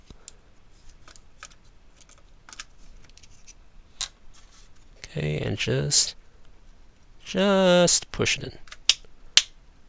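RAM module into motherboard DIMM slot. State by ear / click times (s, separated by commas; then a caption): seated / 8.9 s, 9.4 s. A RAM module is pushed into a motherboard DIMM slot while someone talks. Two sharp clicks ring out at 8.9 s and 9.4 s as both retention clips snap shut, and the stick is seated.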